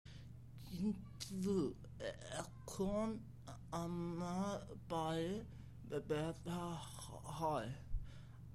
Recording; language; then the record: elicited speech; Bengali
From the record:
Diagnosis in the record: Broca's or global aphasia after a stroke